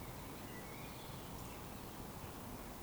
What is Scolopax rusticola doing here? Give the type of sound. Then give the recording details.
whistle. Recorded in Baden-Württemberg, Germany, on 23 June 2020 at 19:49 UTC. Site 14569, 102 m above sea level